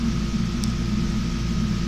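A lock release button in the handle of a Gerber bladeless MP600 multi-tool is pressed on one side so the head can be lowered. A sharp click at 0.6 s marks the head lock releasing, over a steady low hum and hiss.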